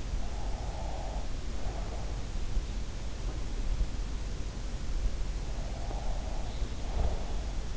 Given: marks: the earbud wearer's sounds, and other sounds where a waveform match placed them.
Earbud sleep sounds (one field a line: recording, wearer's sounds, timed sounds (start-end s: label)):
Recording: sounds in sleep by an in-ear microphone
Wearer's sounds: breath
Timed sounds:
0.13-2.46 s: breath
5.52-7.77 s: breath